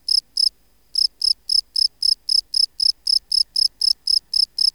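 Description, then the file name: Field cricket song: two high chirps, a half-second silence, then a steady train of shrill pulsed chirps about four per second. "Bio Acoustica. Gryllus campestris"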